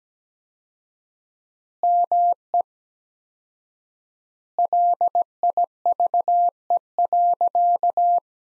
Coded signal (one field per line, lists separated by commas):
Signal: Morse code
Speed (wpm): 17 wpm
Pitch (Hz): 700 Hz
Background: none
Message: ME LIVE.